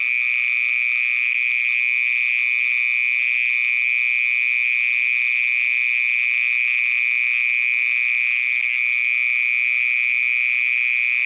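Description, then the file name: Mole cricket song: a sustained churring trill that continues without pause at a fixed pitch. "Gryllotalpa sp"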